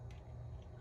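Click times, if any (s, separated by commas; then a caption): none. A replacement trigger is slid horizontally into the frame of an HK Army Luxe X paintball marker grip, pushed straight back and then up toward its locked position. A brief faint transient near 0.1 s stands out over steady low-frequency handling noise. Nothing has seated or clicked yet.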